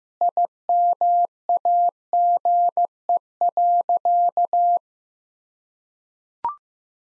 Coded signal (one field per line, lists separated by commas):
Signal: Morse code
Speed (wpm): 16 wpm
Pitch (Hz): 700 Hz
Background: none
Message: IMAGE.